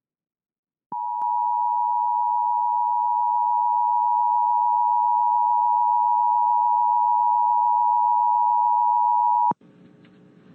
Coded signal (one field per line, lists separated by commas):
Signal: Emergency Alert System (SAME) tones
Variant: 853 and 960 Hz attention tone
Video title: The SLO and Air1 Tests (EAS #13816-13829) 11/2/23